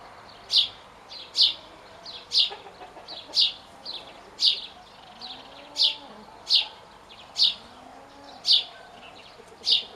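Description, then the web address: Bird calls, a high sharp note repeated steadily, with faint softer notes between. "cianscape birddata Deverinetal 2025 Bird Only Co Pa"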